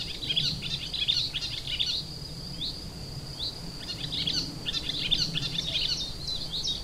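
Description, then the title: Icterine warbler in full song, dense chattering phrases of squeaks and buzzes broken by a few clear chirps, with a steady high tone and low rumble. Kirchdorf, Germany. "Kirchdorf, Deutschland - Gelbspötter"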